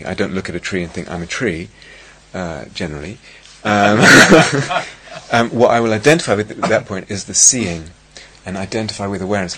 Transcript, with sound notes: I don't look at a tree and think I'm a tree, generally. [laughter] What I will identify with at that point is the seeing, and identify with awareness: